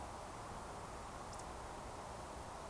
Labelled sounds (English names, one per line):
Eurasian Woodcock whistle